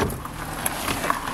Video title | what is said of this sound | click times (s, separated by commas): Nissan Qashqai+2 1.6 NTEC bluetooth cruise control sat nav folding mirrors alloy wheels | they lock into place | 0.7 s, 1.1 s